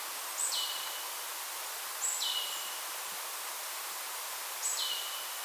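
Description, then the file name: Marsh tit, three spaced calls, each a bright high note sweeping down into a flat lower tail, over constant hiss. "Poecile palustris"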